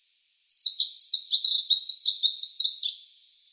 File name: Penochka zheltobrjuhaja